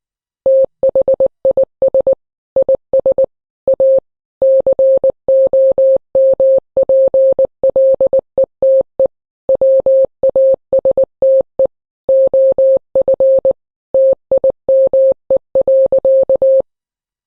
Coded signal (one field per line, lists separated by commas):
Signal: Morse code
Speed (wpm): 19 wpm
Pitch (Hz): 530 Hz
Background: none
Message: THIS IS A COMPLETE WASTE OF TIME.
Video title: The Society for the Proliferation of Morse Code